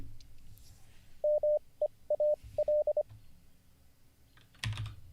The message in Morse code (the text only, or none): MEAL